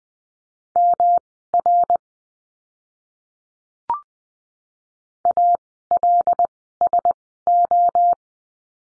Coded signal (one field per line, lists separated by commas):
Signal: Morse code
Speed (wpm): 20 wpm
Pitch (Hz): 700 Hz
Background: none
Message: MR ALSO